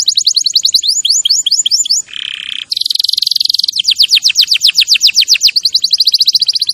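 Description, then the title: Canary song: high, fast repeated rising sweeps, a brief lower buzzy note, then long rapid trills and rolling chirps running on without pause. Champion canary's song, used as a master recording for training other birds. "Masteran Kenari Juara"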